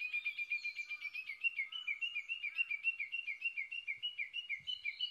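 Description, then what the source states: Japanese bush warbler giving a fast, continuous run of repeated chirping notes, about three or four per second, with faint low thumps near the end. Recorded 22 May 2011 at 05:58.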